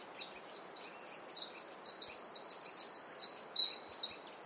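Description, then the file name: Eurasian wren song building from soft notes into loud, rapid high trills and rattling phrases. "Troglodytes troglodytes"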